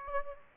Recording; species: mosquito wingbeat signal from an infrared sensor; Aedes aegypti